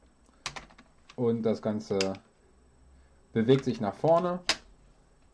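Someone talks while handling the opened shell of a Nerf Zombie Strike Hammershot foam-dart blaster, working its plastic plunger mechanism so the plunger catch will engage the sear when primed. Short handling ticks are heard between the speech, but the plunger has not yet latched, and nothing has seated or clicked into place by the end of the clip.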